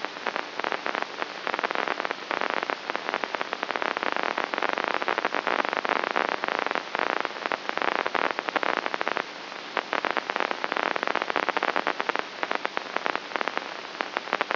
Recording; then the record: brain microelectrode recording played as sound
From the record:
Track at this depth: outside the subthalamic nucleus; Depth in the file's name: 6.44 mm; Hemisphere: right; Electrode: 3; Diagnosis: Parkinson's disease